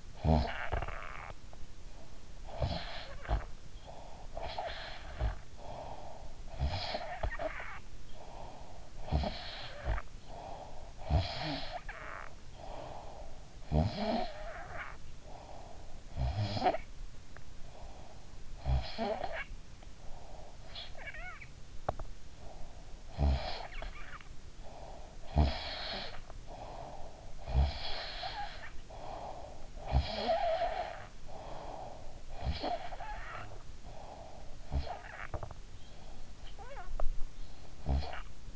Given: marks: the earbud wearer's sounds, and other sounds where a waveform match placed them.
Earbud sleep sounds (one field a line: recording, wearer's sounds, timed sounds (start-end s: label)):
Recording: sounds in sleep by an in-ear microphone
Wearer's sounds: snoring breath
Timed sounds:
0.00-38.55 s: snoring breath